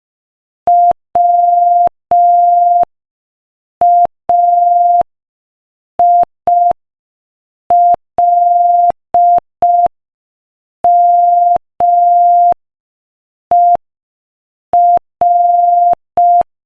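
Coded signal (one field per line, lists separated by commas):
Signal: Morse code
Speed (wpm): 5 wpm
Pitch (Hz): 700 Hz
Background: none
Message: WAILMER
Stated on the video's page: Beginner Morse listening practice at 5 wpm.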